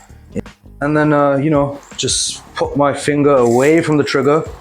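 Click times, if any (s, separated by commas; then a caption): none. A striker-fired pistol is handled at an outside-waistband holster, being readied to be pushed in until the retention engages. Someone talks over background music, and a brief sharp sound occurs at 0.5 s. The pistol has not popped into the holster's retention yet, and nothing has seated.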